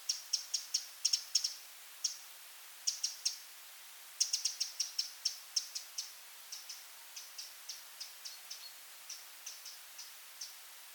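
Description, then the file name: Eurasian wren giving sharp, high ticking calls in irregular bursts, several quick clicks then single ticks spaced about half a second apart, over faint steady hiss. "Troglodytes troglodytes"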